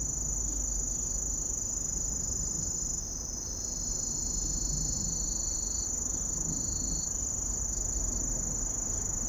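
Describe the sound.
Kusahibari cricket singing a continuous high, thin ringing trill, alongside a slightly lower trill that breaks off and resumes, with faint low background rumble.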